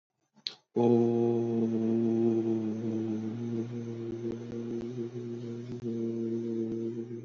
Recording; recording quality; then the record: sustained vowel as in boot; excellent, no background noise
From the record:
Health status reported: healthy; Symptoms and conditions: none ticked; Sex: male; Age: 25 years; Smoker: not ticked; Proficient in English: yes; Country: India